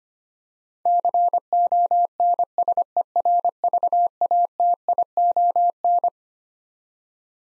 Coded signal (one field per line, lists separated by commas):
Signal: Morse code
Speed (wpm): 25 wpm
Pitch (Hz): 700 Hz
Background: none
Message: CONSERVATION